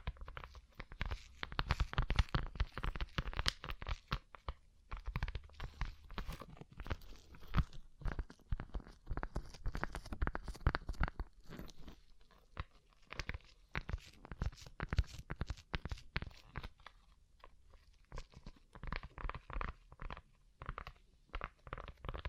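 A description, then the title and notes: Tapping on a rhinestone-covered surface, a dense run of quick, crisp, bright clicks with a crunchy edge. The taps come in irregular bursts with brief lulls near 6, 12 and 17 seconds, over a faint steady low hum. ASMR Rhinestone Covered Tapping 3Dio (No Talking).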